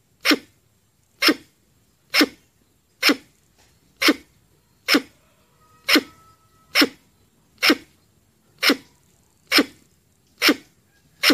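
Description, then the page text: Red squirrel calling with a steady series of abrupt, harsh chucks, with a brief quiet whistle midway. "Tiếng Sóc Đỏ kêu"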